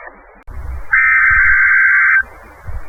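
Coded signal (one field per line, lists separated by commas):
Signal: Emergency Alert System (SAME) tones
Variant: header bursts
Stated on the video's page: NOAA Weather Radio station broadcasts and IDs from Florida.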